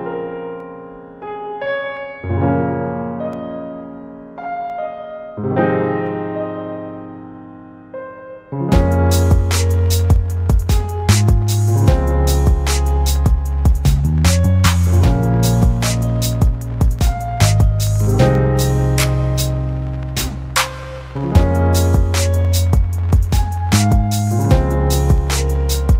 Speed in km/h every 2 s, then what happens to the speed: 93, 92, 91, 90, 90, 88, 88, 86, 88, 92, 97, 97, 98.
0-15 steady at about 90. 15-20 speeds up to 97. 20-26 steady at about 97.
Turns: none.